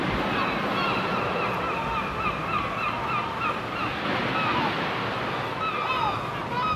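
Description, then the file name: Gulls keep up a busy stream of harsh, slurred cries, many birds calling at once above a constant wash of waves. Gulls on the shore. "Seagulls On the Shore"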